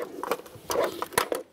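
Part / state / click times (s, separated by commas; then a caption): camshaft position sensor into cylinder head bore / seated / 1.2 s. A new exhaust camshaft position sensor for a 2012–2020 Chevrolet Sonic, its O-ring oiled, is lined up and pushed straight into its bore in the cylinder head. Several short scraping and tapping sounds are heard, with a sharp click at 1.2 s as the sensor seats fully in place.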